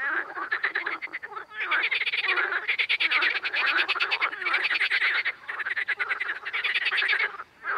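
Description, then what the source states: Amphibian chorus of fast pulsed croaks that swell and drop in bursts of a second or two, several animals calling over one another. Ambience.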